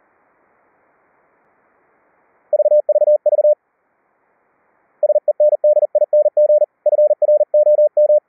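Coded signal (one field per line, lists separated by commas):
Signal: Morse code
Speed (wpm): 40 wpm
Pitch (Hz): 600 Hz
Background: none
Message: VVV SENDING FROM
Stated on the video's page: CW generated by software keyboard senders at 5 kHz, carried between two QUISK SDRs over IP and demodulated to normal pitch tones.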